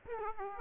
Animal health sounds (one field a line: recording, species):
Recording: mosquito wingbeat signal from an infrared sensor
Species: Aedes aegypti